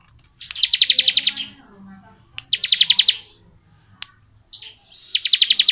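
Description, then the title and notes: Bar-winged prinia song: bursts of rapid, buzzy, evenly repeated notes, each burst lasting under a second, separated by short pauses and a few sharp clicks. Ngebren song style, used as tutor audio for white-rumped shamas. "Suara burung ciblek - Suara Nada"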